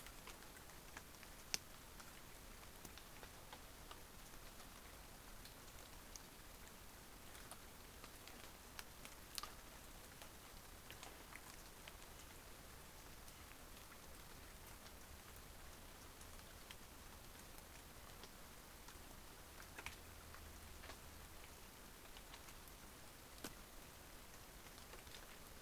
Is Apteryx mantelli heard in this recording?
no